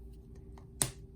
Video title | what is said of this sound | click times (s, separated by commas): Welcome to Art Kindergarten! | snap that cap make sure it's snapped tight you hear that snap now remember | 0.8 s